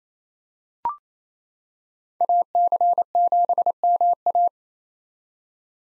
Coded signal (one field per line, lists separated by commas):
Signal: Morse code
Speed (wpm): 28 wpm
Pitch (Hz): 700 Hz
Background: none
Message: AC7MA